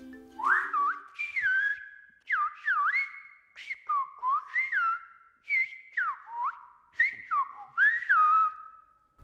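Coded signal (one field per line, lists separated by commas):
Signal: whistled language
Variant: Silbo Gomero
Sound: loud gliding whistles in about eight short phrases, rising and falling in pitch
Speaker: मैं ए गया हूं क्लास में सबक की शुरुआत होती है अभिवादन से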